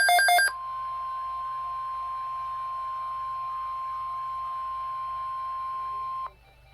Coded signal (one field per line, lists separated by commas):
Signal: Emergency Alert System (SAME) tones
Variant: 1050 Hz attention tone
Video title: EAS Severe Thunderstorm Watch Central Minnesota NOAA Weather Radio KEC65